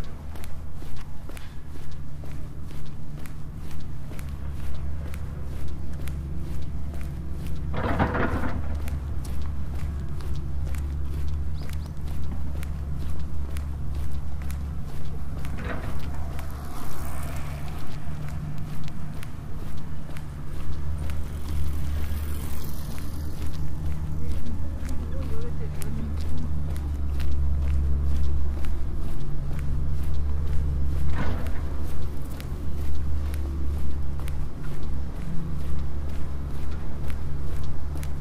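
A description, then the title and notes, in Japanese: Steady, regular footsteps walk over a constant low hum, with a few louder knocks or bumps around 8, 16 and 31 seconds. 歩いている音。Walking.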